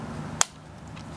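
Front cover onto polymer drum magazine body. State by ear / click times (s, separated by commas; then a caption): seated / 0.4 s. The front cover of a Magpul D60 polymer drum magazine is pressed home onto the magazine body during reassembly. A single sharp, bright snap sounds at 0.4 s over a quiet low background. The cover snaps in place and is seated.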